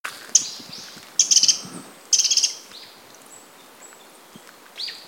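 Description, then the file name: Eurasian wren calls: sharp, very high ticking rattles in two quick bursts, with single thin high notes before and after. "Troglodytes troglodytes"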